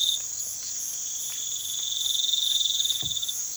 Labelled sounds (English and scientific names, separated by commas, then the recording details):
none
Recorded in pastures near Puerto Asís, Putumayo, Colombia, on 12 March 2025 at 03:00
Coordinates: 0.487, -76.322
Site G077